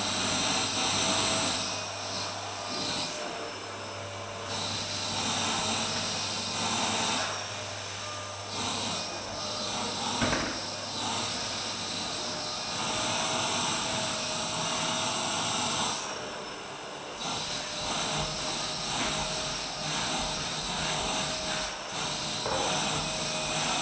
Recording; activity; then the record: daily activity, microphone in the room; vacuum cleaning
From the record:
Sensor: 2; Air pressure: 999.1 hPa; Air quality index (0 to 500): 202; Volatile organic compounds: 31 ppm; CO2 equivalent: 2983 ppm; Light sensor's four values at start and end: 6/15/6/6 and 6/14/6/6